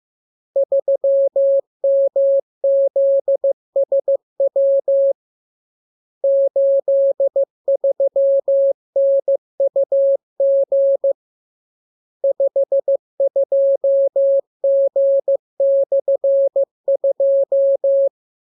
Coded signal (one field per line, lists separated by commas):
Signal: Morse code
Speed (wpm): 15 wpm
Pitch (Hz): 550 Hz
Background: none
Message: 3MZSW 83NUG 52G/2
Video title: Learning Morse Code. Lesson 30. Letter KMURESNAPTLWI.JZ=FOY,VG5/Q92H38